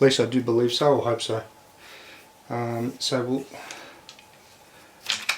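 Someone talks, then another plastic leg flip-lock on a Manfrotto 190XPROB tripod leg section is flipped open, snapping with sharp clicks at 5.1 and 5.3 seconds as the lock releases.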